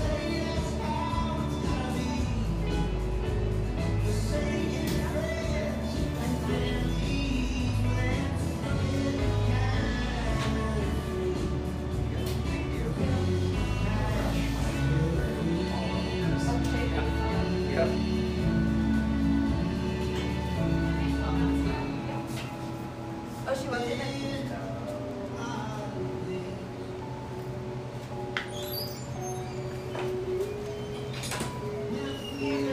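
Café sounds from a small drip coffee shop: a dense, steady wash of murmuring voices over a heavy low hum with shifting tones, perhaps music. Around 22 seconds the deep low end drops away and the room thins out, with a few light clinks near 28 seconds.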